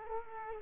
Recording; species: mosquito wingbeat signal from an infrared sensor; Culex quinquefasciatus